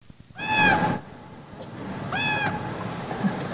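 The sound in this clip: Common raven calls, two ringing tonal notes spaced about a second apart, with faint low background rumble.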